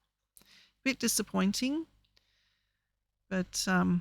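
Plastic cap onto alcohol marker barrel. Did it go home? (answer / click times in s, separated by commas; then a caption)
no / none. A plastic cap is fitted back onto the barrel of a half-dry alcohol marker, making a short contact sound at about 0.4 s as it touches. It fails to snap into place, so no latch click is heard and nothing has seated. Someone talks before and after.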